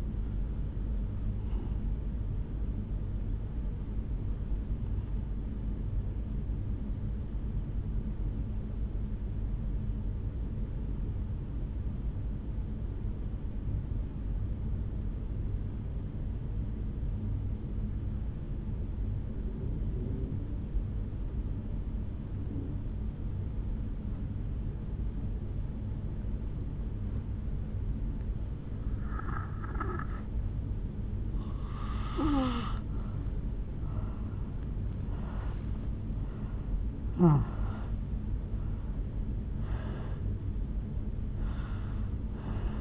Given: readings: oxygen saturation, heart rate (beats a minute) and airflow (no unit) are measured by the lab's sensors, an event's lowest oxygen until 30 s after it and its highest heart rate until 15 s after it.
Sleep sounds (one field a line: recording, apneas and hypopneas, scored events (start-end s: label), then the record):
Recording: breathing in sleep by a smartphone at the bedside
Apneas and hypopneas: 1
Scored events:
9.00-29.30 s: obstructive apnea (N2, oxygen 96% highest, then 79% lowest, heart rate 53 at the start, 74 highest)
27.00-42.81 s: new sleep stage, N1 (lightest sleep)
From the record:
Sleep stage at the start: N2 (light sleep)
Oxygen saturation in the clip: 80 to 96%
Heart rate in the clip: 53 to 74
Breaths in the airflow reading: 7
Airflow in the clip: -7.9 to 5.2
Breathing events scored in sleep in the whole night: 449 in 7.0 hours asleep